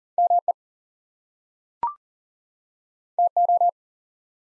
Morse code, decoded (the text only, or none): ME TO